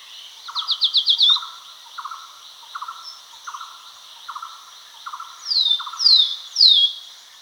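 Great iora with a quick chattering run, then evenly spaced buzzy pulsed notes, ending in three sharp falling whistles, against a continuous high drone.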